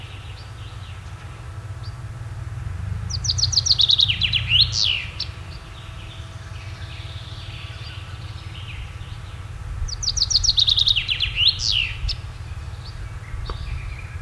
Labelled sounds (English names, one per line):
Common Chaffinch song